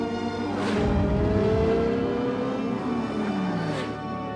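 A large American car drives along, its engine a steady, loud rumble whose tone slides up and down as it shifts, with a broad whoosh of road noise and no voices.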